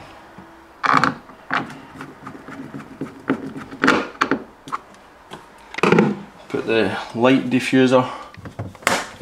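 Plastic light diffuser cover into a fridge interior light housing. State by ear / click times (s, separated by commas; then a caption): seated / 8.9 s. A plastic light diffuser cover is pressed back onto the interior light housing of a Samsung RS21 fridge while someone talks, with scattered handling knocks throughout. At 8.9 s it snaps home with a single sharp pop, seated in place.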